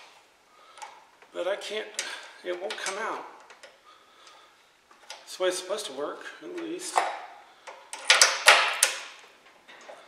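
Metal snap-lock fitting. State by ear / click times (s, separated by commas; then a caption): seated / 8.1 s, 8.2 s, 8.5 s, 8.8 s. A hole-saw bit is pushed onto its quick-release snap-lock arbor while someone talks. A series of loud metal clicks comes at 8.1, 8.2, 8.5 and 8.8 seconds. The bit locks into place on the arbor.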